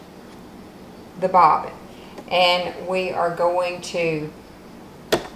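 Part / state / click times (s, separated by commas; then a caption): bobbin winder shaft on a sewing machine / seated / 5.1 s. On a Brother MZ53 sewing machine, the plastic bobbin winder shaft with the bobbin on it is slid all the way over to engage winding while someone talks. A short, sharp pop at 5.1 seconds marks the shaft clicking into the winding position.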